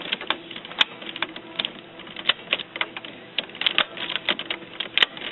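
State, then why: Seated. Refillable ink cartridges from a continuous ink refill system are pushed front-first, one after another, into the carriage of a Canon MG5620/MG6620/MG7520 inkjet printer, among a steady patter of small plastic taps and rattles. Sharp clicks ring out at 0.8, 2.5, 3.8 and 5.0 seconds as each cartridge seats, and all the cartridges end up clicked in.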